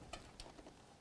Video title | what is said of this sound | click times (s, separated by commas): The Beast PC Build (Edited) Intel I9 9900k Gigabyte Z390 Aorus Pro WIFI 64GB Corsair Vengeance Ram | there was a little click and then I give it a light pull to make sure it doesn't fall out | 0.4 s